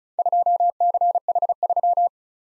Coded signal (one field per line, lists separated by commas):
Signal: Morse code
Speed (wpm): 36 wpm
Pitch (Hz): 700 Hz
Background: none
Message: 2CH3